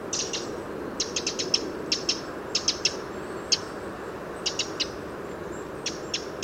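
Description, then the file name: Eurasian wren ticking calls in short irregular bursts of one to five notes separated by brief pauses, over a steady low background rush. "Troglodytes troglodytes"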